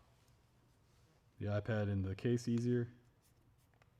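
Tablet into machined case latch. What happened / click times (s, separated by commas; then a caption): Handled, not yet home: device not yet latched into its case / none. An iPad is being handled into its machined case latch to test whether it locks in more easily after the power block slide was adjusted. Someone talks over faint handling noise. Nothing has seated or clicked yet.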